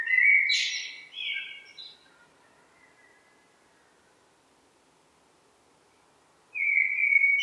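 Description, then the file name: Eurasian blackbird song: a warbled phrase with high twittering flourishes, a long silence, then the fluted start of another phrase. "Turdus merula"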